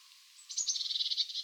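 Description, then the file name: Eurasian blue tit call, one faint high note then a fast, buzzy churring rattle of many rapid pulses continuing to the end. "Cyanistes caeruleus"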